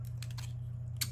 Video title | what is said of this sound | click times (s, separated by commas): 2011–2016 Ford Super Duty 250 350 450 550 Sony 10.1" Plug & Play Radio Upgrade Kit - Prolific Audio | and it'll lock it in. | 1.0 s